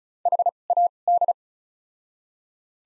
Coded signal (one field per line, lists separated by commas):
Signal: Morse code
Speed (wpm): 36 wpm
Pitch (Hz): 700 Hz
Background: none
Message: H A D